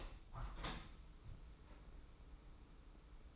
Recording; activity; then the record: daily activity, microphone in the room; open window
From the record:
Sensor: 1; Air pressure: 991.3 hPa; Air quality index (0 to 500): 118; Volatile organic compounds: 187 ppm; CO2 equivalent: 4169 ppm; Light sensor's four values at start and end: 38/118/47/48 and 39/120/47/49